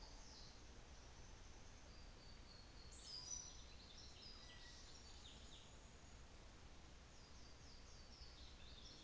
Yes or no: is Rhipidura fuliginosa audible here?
no